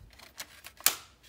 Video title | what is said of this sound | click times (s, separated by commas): Showcase & Setup - Shell Throw MP5K Gel Ball Blaster | going to click back in. | 0.9 s